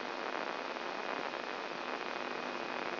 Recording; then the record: brain microelectrode recording played as sound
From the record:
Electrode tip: inside the subthalamic nucleus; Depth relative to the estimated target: 2.5 mm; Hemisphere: left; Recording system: AlphaMap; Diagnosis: Parkinson's disease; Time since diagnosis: 11 years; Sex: male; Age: 67 years